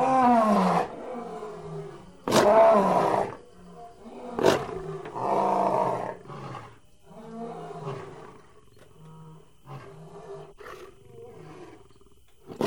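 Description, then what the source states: Big cat snarling and roaring, a few loud bursts early then softer broken growls and grunts, with sharp clicks or knocks scattered through. Big cat house.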